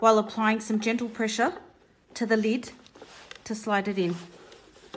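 Someone talks while the first hinge side of a plastic lid on an Ultramat machine is slid toward its slot in the housing, with a wide-head flathead screwdriver prying the gap open as gentle pressure is applied to the lid. A brief faint tap is heard at about 4.9 s. Nothing has seated or clicked into place yet.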